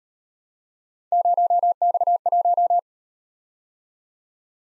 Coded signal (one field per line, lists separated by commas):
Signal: Morse code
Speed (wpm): 39 wpm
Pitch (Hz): 700 Hz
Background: none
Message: 0X1